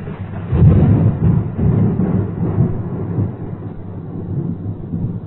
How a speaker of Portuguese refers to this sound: Mas violenta tempestade abateu-se sobre os expedicionários.